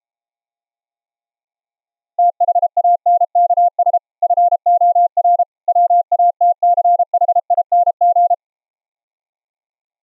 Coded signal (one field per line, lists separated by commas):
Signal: Morse code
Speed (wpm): 32 wpm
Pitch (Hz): 700 Hz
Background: none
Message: THANKS FOR WATCHING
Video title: A Tracking CW pitch audio bandpass filter using 2 SDR modules from AD5DZ: BandPass Filter & LO-MIXER